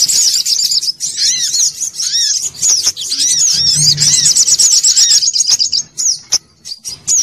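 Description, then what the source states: Sogok ontong gives a high, twittering song with slurred notes and quick trills, fading into sparser chirps at the end; one low hum midway. Bird-training (masteran) song.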